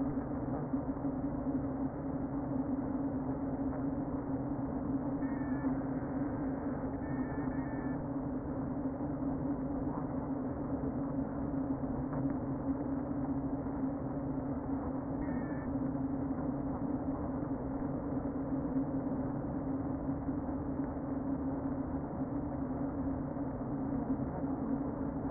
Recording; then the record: honeybee colony, microphone inside the hive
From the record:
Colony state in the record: queen present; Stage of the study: before two queens were removed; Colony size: about 60,000 bees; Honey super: yes